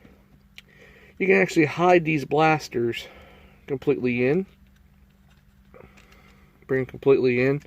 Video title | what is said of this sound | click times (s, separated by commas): Transformers Kingdom Voyager Optimus primal review | during the transformation and pull this completely section back you hear click | 0.6 s